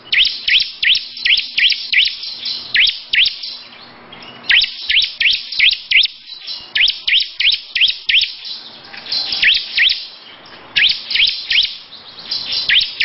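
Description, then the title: Lovebird song of sharp, high chirps delivered in fast bursts of several notes, separated by short pauses. Long "ngekek" song. "Audio Lovebird Ngekek Panjang Ciblek"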